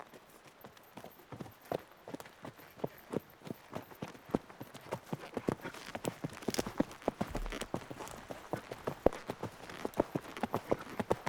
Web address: Horse Riding - Epidemic Sound SFX Animals